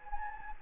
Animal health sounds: mosquito wingbeat signal from an infrared sensor; Anopheles gambiae

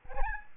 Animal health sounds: mosquito wingbeat signal from an infrared sensor; Aedes albopictus

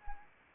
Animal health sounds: mosquito wingbeat signal from an infrared sensor; Anopheles arabiensis

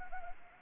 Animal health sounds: mosquito wingbeat signal from an infrared sensor; Anopheles gambiae

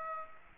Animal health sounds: mosquito wingbeat signal from an infrared sensor; Aedes aegypti

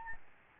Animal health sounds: mosquito wingbeat signal from an infrared sensor; Aedes albopictus

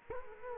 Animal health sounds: mosquito wingbeat signal from an infrared sensor; Culex quinquefasciatus

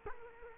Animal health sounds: mosquito wingbeat signal from an infrared sensor; Culex quinquefasciatus

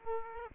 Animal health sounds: mosquito wingbeat signal from an infrared sensor; Aedes aegypti

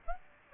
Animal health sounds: mosquito wingbeat signal from an infrared sensor; Aedes aegypti

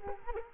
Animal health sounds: mosquito wingbeat signal from an infrared sensor; Culex quinquefasciatus

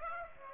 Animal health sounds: mosquito wingbeat signal from an infrared sensor; Aedes aegypti

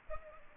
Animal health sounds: mosquito wingbeat signal from an infrared sensor; Culex pipiens

